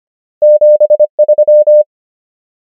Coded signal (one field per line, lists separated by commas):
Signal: Morse code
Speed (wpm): 25 wpm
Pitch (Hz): 600 Hz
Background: none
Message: 7 3